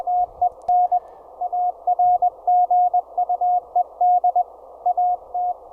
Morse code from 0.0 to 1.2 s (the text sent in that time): TEN